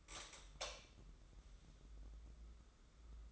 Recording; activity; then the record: daily activity, microphone in the room; light on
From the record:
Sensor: 3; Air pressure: 995.4 hPa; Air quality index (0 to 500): 84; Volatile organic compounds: 7 ppm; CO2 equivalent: 2033 ppm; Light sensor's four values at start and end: 9/22/9/9 and 12/31/13/12